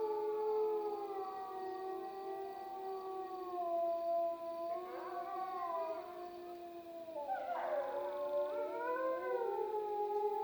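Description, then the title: Wolf: wolves howling in chorus, several long sustained tones overlapping and gliding, with a few sliding higher wails joining around the middle and end. Soundscape at Freita. "Wolf Soundscapes 10 Freita Melissa Pons"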